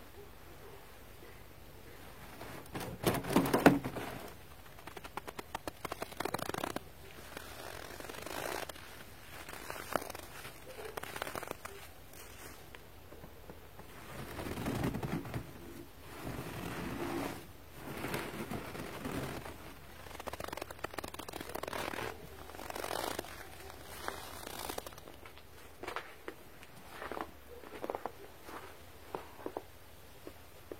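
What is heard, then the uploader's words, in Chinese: Snow crunches and crackles in irregular soft bursts over a steady hiss, with louder crunches near the 3-second and 15-second marks. 还记得雪的声音吗？｜白噪音。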